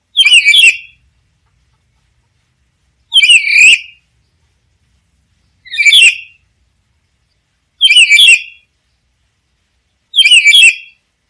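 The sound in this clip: Black-capped lory squawks: five loud, harsh, grating screeches, each under a second long, repeated roughly every two and a half seconds on a silent background.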